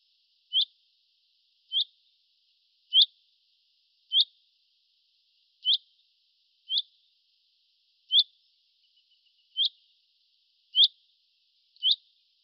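Bird calls: ten short, sharp, high chirps, repeated roughly once a second against a quiet background.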